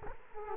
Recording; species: mosquito wingbeat signal from an infrared sensor; Culex quinquefasciatus